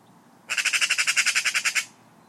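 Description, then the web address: Bird giving a harsh, rasping call made of about thirteen rapid, evenly spaced pulses lasting just over a second, with faint background hiss. "cianscape birddata Deverinetal"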